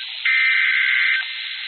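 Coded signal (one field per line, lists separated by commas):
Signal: Emergency Alert System (SAME) tones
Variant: header bursts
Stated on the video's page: Flash Flood Warning received from a stream.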